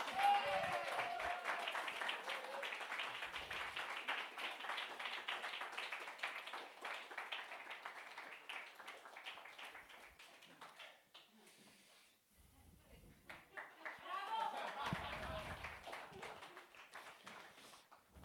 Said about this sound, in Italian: non sto assolutamente pensando che adesso andrò a bere dello spritz da quel bicchiere mentre voi mi farete un applauso a scena aperta, dopo il quale io andrò avanti col monologo facendo tutti quanti finta che niente di tutto questo sia mai successo.